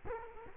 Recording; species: mosquito wingbeat signal from an infrared sensor; Culex quinquefasciatus